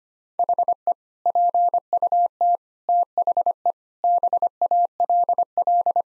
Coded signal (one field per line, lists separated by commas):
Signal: Morse code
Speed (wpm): 25 wpm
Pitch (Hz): 700 Hz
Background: none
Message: HE PUT THE BALL